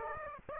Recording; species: mosquito wingbeat signal from an infrared sensor; Aedes aegypti